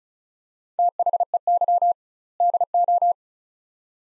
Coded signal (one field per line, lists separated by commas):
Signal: Morse code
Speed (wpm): 36 wpm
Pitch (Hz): 700 Hz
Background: none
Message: THEY DO